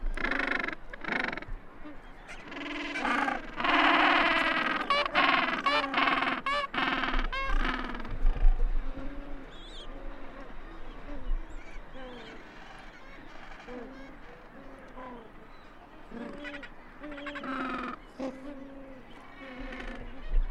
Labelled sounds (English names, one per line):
Gentoo Penguin call